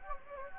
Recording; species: mosquito wingbeat signal from an infrared sensor; Anopheles gambiae